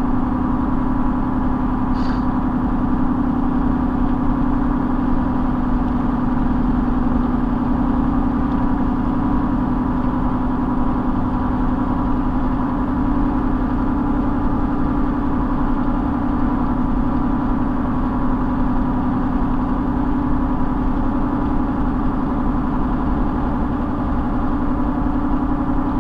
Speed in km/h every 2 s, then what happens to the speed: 95, 95, 95, 97, 97, 97, 97, 97, 97, 97, 98, 100, 98.
0-26 steady at about 97.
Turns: none.